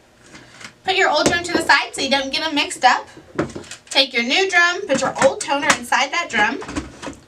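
Someone talks while handling a Brother HL-L6200dw printer's parts: the old drum unit is set aside and the old toner cartridge is taken to be put into the new drum unit. The cartridge has not clicked or seated into the drum yet when the clip ends.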